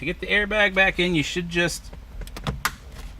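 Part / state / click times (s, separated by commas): driver airbag module into the steering wheel / seated / 2.6 s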